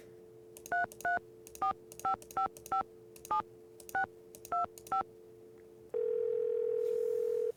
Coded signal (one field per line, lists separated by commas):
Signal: DTMF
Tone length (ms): 120 ms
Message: 3345557625